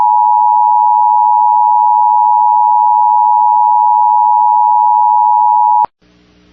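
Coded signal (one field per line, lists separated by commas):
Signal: Emergency Alert System (SAME) tones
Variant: 853 and 960 Hz attention tone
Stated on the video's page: EAS alerts received on a WR300 weather radio.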